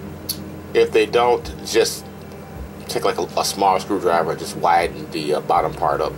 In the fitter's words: They should snap right in.